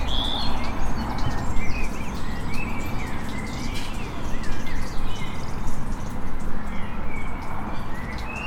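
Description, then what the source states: Birdsong, several short high chirps and brief whistled phrases scattered throughout over a loud steady low rumble of background noise. Recorded in a suburban setting.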